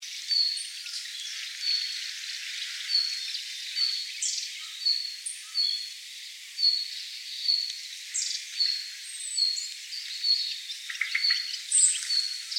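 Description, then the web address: Red-flanked bluetail calls: short thin whistled notes on one high pitch, repeated steadily throughout, with a few brief harsher chirps mixed in. Recorded on 7 January 2014. "birdenaga red-flanked bluetail"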